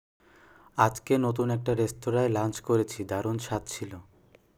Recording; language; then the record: elicited speech; Bengali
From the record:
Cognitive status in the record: cognitively healthy